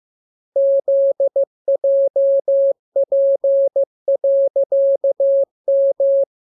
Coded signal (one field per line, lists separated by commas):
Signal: Morse code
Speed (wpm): 15 wpm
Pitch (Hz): 550 Hz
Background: none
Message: ZJP.M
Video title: Learning Morse Code. Lesson 15. Letter KMURESNAPTLWI.JZ